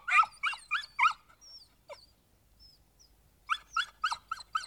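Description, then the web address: Dog giving shrill rapid yaps, four in quick succession, then a pause with thin whines, then another run of several high yaps. "audio animali cani cani dog"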